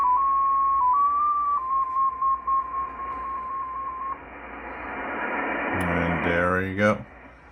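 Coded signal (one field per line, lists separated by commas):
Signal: numbers station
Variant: XPA2 polytone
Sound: a steady tone near 1 kHz hopping between slightly different pitches, then a man talking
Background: radio static, speech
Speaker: so not a lot of info once again uh this is short I've heard much longer messages so it seems that today there's nothing for the spies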